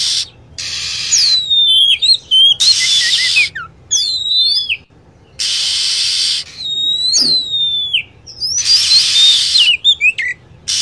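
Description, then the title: Lovebird calls of shrill, downward-swooping chirps and twittering bursts, alternating with loud hiss that starts and stops abruptly. Lovebird calls used as a lure to attract birds. "PIKAT BURUNG LOVEBIRD"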